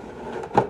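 A plastic lidded jar-like display piece from a collector's box set slides into its slot in the display base. A soft scraping slide is followed by a single short knock at 0.6 s as it seats home.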